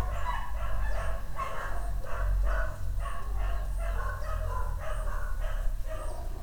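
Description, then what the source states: Dog barking in quick repeated barks, with a low rumbling background hum throughout. Dogs barking on the Escalera Morrison stairway in Valparaíso; recorded with a Tascam DR-100mk II.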